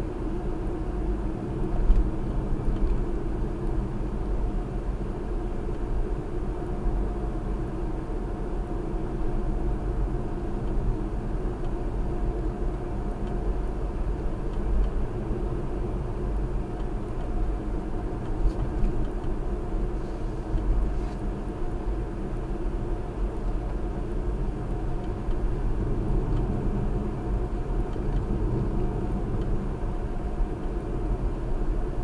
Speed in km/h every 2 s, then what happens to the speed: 63, 61, 61, 61, 61, 61, 61, 61, 63, 61, 63, 61, 61, 61, 61, 61.
0-32 steady at about 61.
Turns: none.